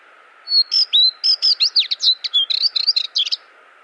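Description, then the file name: White-eye song: one continuous, lively phrase of fast, high twitters and slurred whistled notes lasting about three seconds, with a steady hum in the background. "suara kicauan warbler kacamata"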